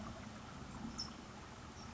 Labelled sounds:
California Towhee

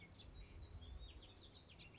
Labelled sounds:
House Finch

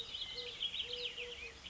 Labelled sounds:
Eurasian Collared Dove

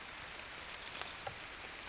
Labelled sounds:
Brown Creeper

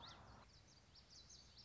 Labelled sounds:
Common Yellowthroat

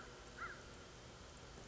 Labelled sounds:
American Crow

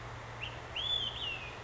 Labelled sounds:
Olive-sided Flycatcher

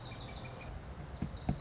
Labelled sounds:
Lazuli Bunting

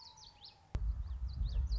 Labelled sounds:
Common Yellowthroat

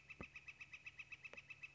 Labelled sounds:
Northern Flicker

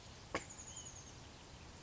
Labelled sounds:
Oak Titmouse

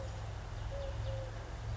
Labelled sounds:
Eurasian Collared Dove

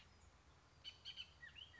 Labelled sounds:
Bullock's Oriole

